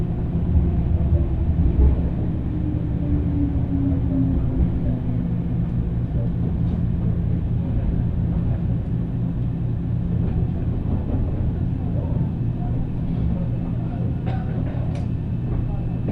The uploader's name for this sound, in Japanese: 鉄道旅 汐見橋→岸里玉出→なんば→大物